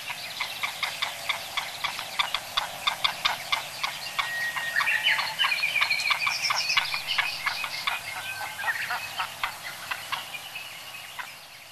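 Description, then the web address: White-tailed eagle calling: a long series of sharp yelping notes, quick and uneven, briefly overlapping a thin whistled line, over a constant broad hiss. Sakhalin and Kuril Islands. "priroda sakhalina i kuril. Haliaeetus albicilla"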